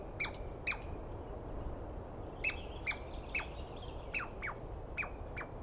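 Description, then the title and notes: Douglas squirrel calls: scattered sharp, down-slurred chirps in loose pairs and singles, against low background rumble and faint birds. Wild Douglas pine squirrel screaming at length at dawn, morning of 21 April 2017, East Cascades. "Interview With The Chipmunk. On the morning of 21 April, 2017, I set up my microphones and recorder for a nice dawn recording in the East Cascades. I was started awake by a screaming Douglas Pine Squirrel"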